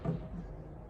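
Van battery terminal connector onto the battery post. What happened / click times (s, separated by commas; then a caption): Handled, not yet home: the terminal connector has not clicked on / none. A van's battery terminal connector, removed earlier, is being pressed back onto the battery post, with a dull, low handling thump near 0.1 s and then soft rubbing and rumble through the rest of the clip. Nothing has seated or clicked yet.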